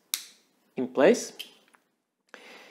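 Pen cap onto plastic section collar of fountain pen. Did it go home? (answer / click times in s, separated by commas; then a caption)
yes / 0.1 s. The cap of a Parker Frontier fountain pen is pressed onto the small collar on the plastic section, which has a rubbery coating. It gives a sharp click at 0.1 s as the cap seats in place. Someone talks afterward, and a faint tap follows near the end.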